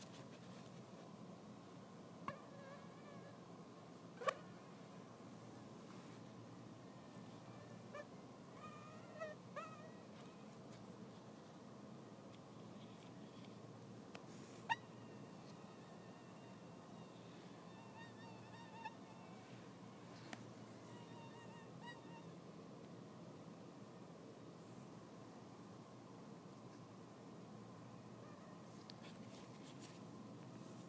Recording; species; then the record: mosquito flight sound by mobile phone; Anopheles stephensi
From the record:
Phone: iPhone 6